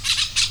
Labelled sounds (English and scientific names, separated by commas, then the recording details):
Brown-throated Parakeet (Eupsittula pertinax) contact call
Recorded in Venezuela
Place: Cerro Saroche, Hato Dalmatela, Edo. Lara
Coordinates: 10.149, -69.534